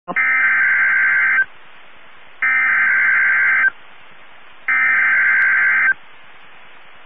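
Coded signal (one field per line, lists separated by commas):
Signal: Emergency Alert System (SAME) tones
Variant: header bursts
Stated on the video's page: Severe thunderstorm alerts for the Texas and Oklahoma Panhandles from NOAA Weather Radio, Amarillo.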